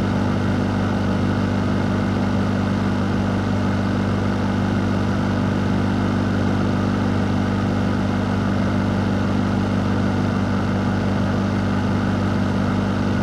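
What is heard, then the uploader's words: A bathroom fan hums steadily, with a low motor drone that stays fixed in pitch and level from start to finish. A soft airy hiss rides over the hum, dense and even, with no breaks, changes or other sounds. Bathroom Fan White Noise. The gentle hum of a bathroom fan.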